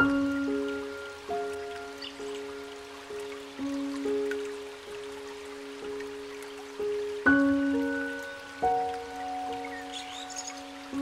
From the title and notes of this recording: Relaxing Nature Sounds With Gentle Piano Music ( River, Birds Singing ).